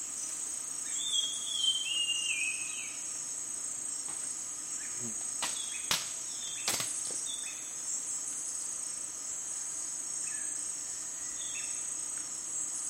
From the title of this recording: Dusk in the rainforest